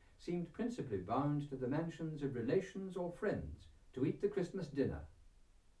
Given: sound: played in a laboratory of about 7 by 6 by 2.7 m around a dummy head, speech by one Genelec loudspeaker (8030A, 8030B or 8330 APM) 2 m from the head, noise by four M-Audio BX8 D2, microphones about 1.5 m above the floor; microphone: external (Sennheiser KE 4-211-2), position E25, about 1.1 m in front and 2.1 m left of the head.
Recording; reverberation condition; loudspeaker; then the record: male speech in English; low; 120 degrees to the right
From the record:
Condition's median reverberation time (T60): about 310 ms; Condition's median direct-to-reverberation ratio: about 3.5 dB